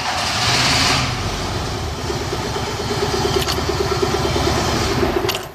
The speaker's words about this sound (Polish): Samochód przez chwilę musiał popracować. Po pierwsze, każdy maluch, który dłużej postoi, musi zassać paliwo ze zbiornika aż do gaźnika, a to jest przez długość całego samochodu. A ten akurat był ostatni raz odpalany w końcówce sierpnia.